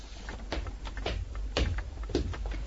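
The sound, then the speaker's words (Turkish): The top drawer of a console is pulled open with a series of dull wooden knocks and scrapes, a sharper clunk midway, over a low rumbling background with no talking. “Şu köşedeki konsolun üst çekmecesinde bir kutu var.”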